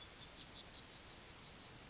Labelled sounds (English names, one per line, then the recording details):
Yellowhammer song
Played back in grassland
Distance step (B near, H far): C
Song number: 143